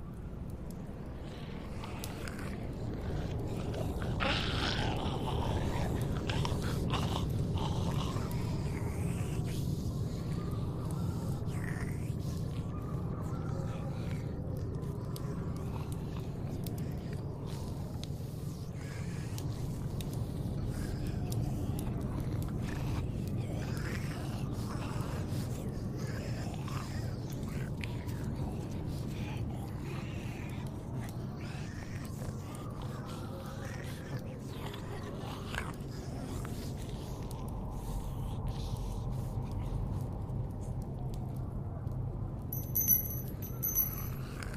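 Zombie moans and groans drift over a steady, dense low rumble that holds for the whole stretch. Wet biting and scraping noises crop up now and then, and a few thin, bright tones cut in briefly near the end.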